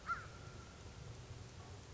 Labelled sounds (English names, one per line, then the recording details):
American Crow
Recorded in Sonoma County, California